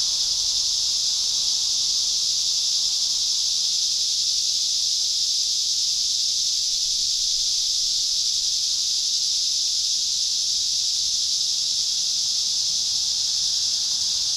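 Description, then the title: Cicadas in a dense, steady chorus, an unbroken high hissing buzz that holds at one level without pause through the whole stretch. Cicadas at Trinity. "neoscenes: cicadas at Trinity"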